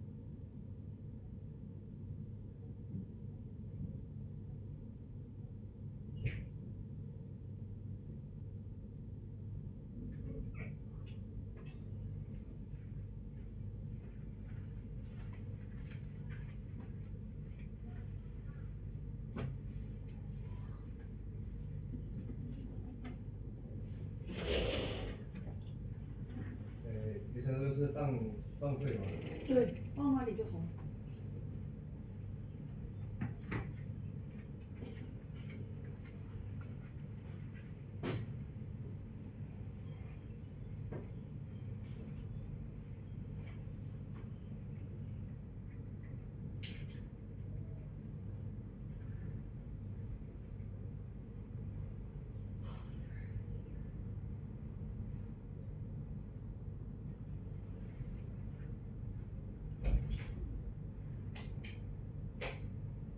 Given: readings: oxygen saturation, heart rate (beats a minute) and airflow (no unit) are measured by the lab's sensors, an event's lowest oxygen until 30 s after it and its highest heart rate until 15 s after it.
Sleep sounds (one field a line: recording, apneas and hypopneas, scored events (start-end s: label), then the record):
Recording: a person awake in a sleep study, by a smartphone at the bedside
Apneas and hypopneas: none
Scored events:
0.00-63.18 s: awake
0.00-63.18 s: awake
From the record:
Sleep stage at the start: awake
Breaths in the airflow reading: 25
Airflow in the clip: -0.7 to 0.7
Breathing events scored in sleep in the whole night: 496 in 5.4 hours asleep